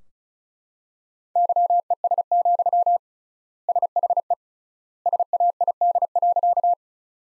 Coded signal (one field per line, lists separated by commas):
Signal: Morse code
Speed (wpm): 36 wpm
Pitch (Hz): 700 Hz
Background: none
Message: YES, SHE SAID.